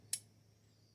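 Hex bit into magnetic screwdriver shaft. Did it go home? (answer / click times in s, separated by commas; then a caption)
yes / 0.1 s. A hex bit is pushed into the magnetic socket of a Mulwark 63-piece ratcheting screwdriver kit's shaft and clicks into place with one sharp, bright click at 0.1 s. The click fades quickly to a low background hum, with only a faint tick near the end. The bit is seated.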